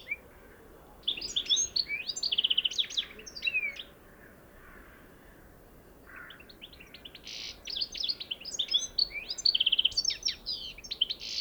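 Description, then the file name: European goldfinch twittering in two bursts of tinkling, liquid notes with quick trills and harsh buzzy rasps, separated by a short quieter gap. "Carduelis carduelis"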